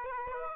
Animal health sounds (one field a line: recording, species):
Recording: mosquito wingbeat signal from an infrared sensor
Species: Aedes aegypti